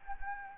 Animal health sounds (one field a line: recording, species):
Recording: mosquito wingbeat signal from an infrared sensor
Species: Anopheles gambiae